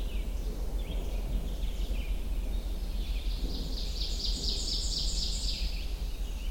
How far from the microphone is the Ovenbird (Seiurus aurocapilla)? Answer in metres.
about 40 m